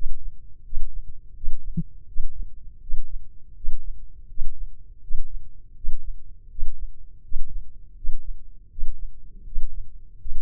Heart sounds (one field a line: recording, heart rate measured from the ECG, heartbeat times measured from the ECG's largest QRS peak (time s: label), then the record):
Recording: heart sounds by microphone in the left ear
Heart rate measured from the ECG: 82 bpm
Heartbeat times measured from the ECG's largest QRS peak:
0.62 s: heartbeat
1.33 s: heartbeat
2.05 s: heartbeat
2.79 s: heartbeat
3.54 s: heartbeat
4.27 s: heartbeat
5.00 s: heartbeat
5.74 s: heartbeat
6.48 s: heartbeat
7.21 s: heartbeat
7.94 s: heartbeat
8.68 s: heartbeat
9.43 s: heartbeat
10.18 s: heartbeat
From the record:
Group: healthy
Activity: rest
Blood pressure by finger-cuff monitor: 145/99 mmHg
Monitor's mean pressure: 110 mmHg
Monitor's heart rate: 81 bpm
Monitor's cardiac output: 6.1 L/min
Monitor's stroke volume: 74 mL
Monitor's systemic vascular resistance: 1340 dyn s/cm5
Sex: male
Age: 21 years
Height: 180 cm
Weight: 67.5 kg